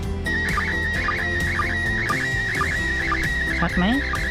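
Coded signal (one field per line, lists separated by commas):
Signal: SSTV (slow-scan television)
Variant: PD 120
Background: speech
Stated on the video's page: Reception of SSTV images from the International Space Station (ARISS) with kids.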